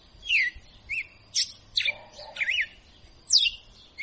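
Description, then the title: Red-cowled cardinal singing loud, clear whistled phrases with sharp downslurred and wavering notes, spaced by short pauses, over a steady faint high tone. Female; a tutor bird ('professor') singing intensely ('açoitando'). "Canto Galo Campina Fêmea 02. Galo de Campina Professor Açoitando"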